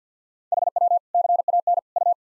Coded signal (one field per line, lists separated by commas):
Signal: Morse code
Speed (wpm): 50 wpm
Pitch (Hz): 700 Hz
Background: none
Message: HW CAN U